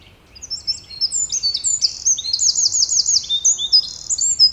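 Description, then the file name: Eurasian wren pouring out a rapid, shrill song: rising chirps run into a rattling trill, then more high twittering notes. "Troglodytes troglodytes"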